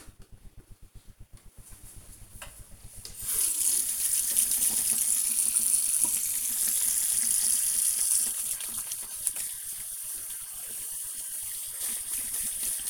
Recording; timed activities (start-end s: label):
household activities, microphone on the right wrist
0.00-12.90 s: washing hands